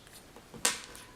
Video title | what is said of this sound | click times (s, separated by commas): Katie B Cosmetics - Retractable Brush Kit | and again you're going to take the center and you're just going to gently pull it out until it clicks | 0.6 s